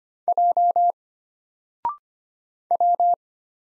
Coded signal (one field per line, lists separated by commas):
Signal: Morse code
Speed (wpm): 25 wpm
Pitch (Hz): 700 Hz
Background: none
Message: J W